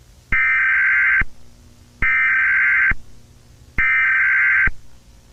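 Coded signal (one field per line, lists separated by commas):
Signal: Emergency Alert System (SAME) tones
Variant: header bursts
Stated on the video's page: Simulated EAS scenario about a nuclear war.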